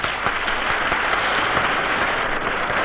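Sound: audience applause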